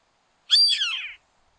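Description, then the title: Yellow-headed Caracara uttering one rough, screeching note that drops in pitch as it fades, roughly two-thirds of a second long, with quiet surroundings. Nominate subspecies Milvago chimachima chimachima. "LuckyPassaro Completos2Sama. Yellow-headed Caracara (Milvago chimachima chimachima)"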